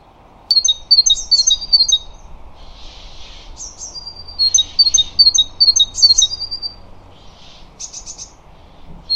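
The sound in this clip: Great tit giving quick bursts of high, sharp chipping notes and thin whistles, broken by short harsh buzzy rasps, against a steady faint low hiss.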